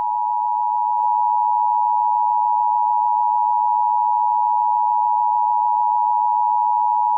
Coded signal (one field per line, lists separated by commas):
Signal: Emergency Alert System (SAME) tones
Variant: 853 and 960 Hz attention tone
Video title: *VALID TONES* EAS Scenario: Hell Storm